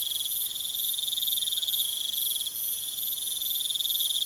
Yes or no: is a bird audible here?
no